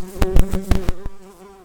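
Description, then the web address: Common carder bee buzzing, a steady low hum broken by several sharp thumps, then fading. Worker bees. "Pascuorum workers"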